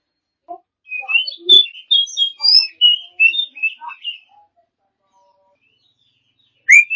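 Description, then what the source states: Oriental magpie-robin song: a run of bright, varied whistled notes and short slurs for about four seconds, a pause, then a rising whistle at the end. A champion bird.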